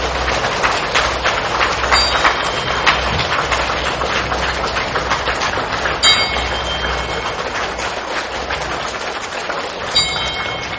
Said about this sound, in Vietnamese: Với niềm quan hỷ vô biên của hành giả chúng con xin dâng lên một tràng pháo tay để cúng dường Thượng Tòa Giảng Sư và xin được cung đón Ngài Quang Lâm Pháp Tòa.